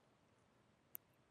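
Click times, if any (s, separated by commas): 0.9 s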